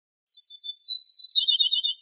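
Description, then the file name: Ortolan bunting song: faint opening notes build into a run of ringing high notes, ending in a lower series of quick notes. "suara kicauan ortolan"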